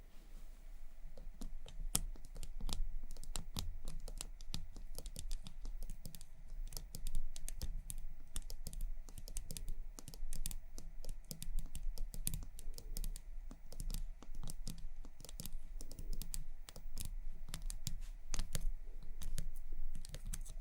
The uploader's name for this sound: ASMR Makeup Triggers For Sleep Tapping, Scratching